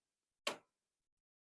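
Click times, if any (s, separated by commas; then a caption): 0.5 s. A CPU upgrade card for a Power Mac G4, lined up with its screws over the 300-pin mezzanine socket, is pressed down onto the logic board. A single sharp click at 0.5 s decays quickly into silence. The card is seated in the processor socket.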